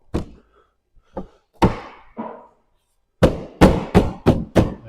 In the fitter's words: push down till you hear it pop and